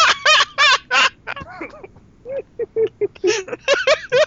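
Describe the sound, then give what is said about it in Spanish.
A rooster that someone is playing with squawks in a rapid, agitated series of harsh, raspy cries, loud bursts broken by short gaps, with a few shorter clucks in the middle. “Anda jugando. ¿Qué? Con el gallo.”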